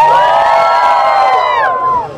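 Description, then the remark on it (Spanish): A loud crowd of pilgrims on the Romero walk in El Salvador shouts and cheers together in a sustained roar, many voices rising in overlapping high-pitched whoops before the noise tapers off at the end. “¡Un grito a los peregrinos de Romero!”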